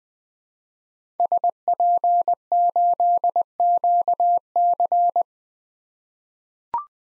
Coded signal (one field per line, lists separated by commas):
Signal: Morse code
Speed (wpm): 20 wpm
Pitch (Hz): 700 Hz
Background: none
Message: SP8QC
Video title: 2023 POTA Hunter Call Signs - 20wpm